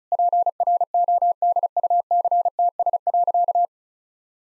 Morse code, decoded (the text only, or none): PRODUCTS.